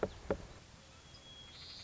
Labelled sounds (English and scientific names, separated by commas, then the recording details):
White-crowned Sparrow (Zonotrichia leucophrys)
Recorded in Sonoma County, California